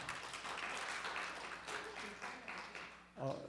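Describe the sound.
An audience applauds with dense, steady clapping for about three seconds, holding a fairly even loudness, before a man's voice briefly breaks in as the clapping fades.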